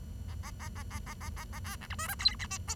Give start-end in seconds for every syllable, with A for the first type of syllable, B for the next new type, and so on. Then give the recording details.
0.28-0.34 A, 0.43-0.50 A, 0.59-0.68 A, 0.76-0.83 A, 0.90-0.99 A, 1.06-1.14 A, 1.21-1.29 A, 1.36-1.44 A, 1.53-1.59 A, 1.64-1.76 B, 1.81-1.86 C, 1.90-1.95 D, 1.99-2.07 E, 2.08-2.15 F, 2.19-2.35 G, 2.39-2.46 H, 2.50-2.58 I, 2.68-2.74 J. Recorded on 23 June 2012 at 11:15. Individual gr41rd51